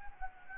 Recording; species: mosquito wingbeat signal from an infrared sensor; Anopheles gambiae